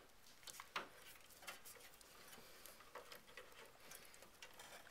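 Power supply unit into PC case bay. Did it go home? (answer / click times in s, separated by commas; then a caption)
yes / 0.8 s. A modular power supply unit is pushed into its bay in a home theater PC case, with care taken not to pinch the cables. Light scraping and small ticks lead up to a sharp click at 0.8 s as the unit seats, followed by faint shuffling and a few softer taps.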